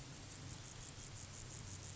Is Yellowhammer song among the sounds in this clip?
no